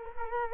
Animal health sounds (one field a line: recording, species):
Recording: mosquito wingbeat signal from an infrared sensor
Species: Culex quinquefasciatus